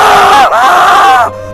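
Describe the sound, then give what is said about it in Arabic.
A loud, high-pitched human scream, heard while a corpse is being lifted onto a stretcher for the morgue, sustained and wavering in pitch, with a brief catch partway through before it cuts off abruptly. “صرخة وبسببها الجثة وقعت.”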